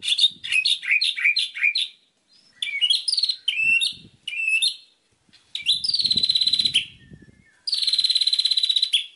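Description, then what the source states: White-rumped shama song, a varied run of rich whistles and rapid trills, ending with two long buzzy rattling phrases. Masteran tutor song used for training birds.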